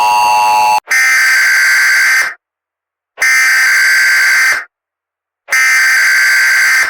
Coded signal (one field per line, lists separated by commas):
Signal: Emergency Alert System (SAME) tones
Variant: header bursts